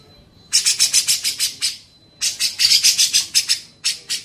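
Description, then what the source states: Grey-cheeked bulbul in short bursts of rasping, rapidly repeated high notes separated by brief pauses. Used for training songbirds (masteran).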